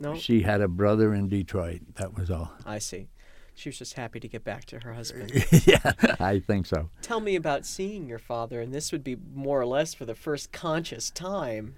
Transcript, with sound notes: She had a brother in Detroit. That was all.
I see. She was just happy to get back to her husband.
(he laughs) Yeah, I think so.
Tell me about seeing your father, and this would be more or less for the first conscious time.